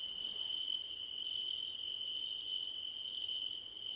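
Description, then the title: Cricket chorus with a continuous shrill whine and rapid very high pulsed trills in long runs with brief gaps between them. Crickets calling at night under a starlit sky. "Nighttime Ambience with Crickets"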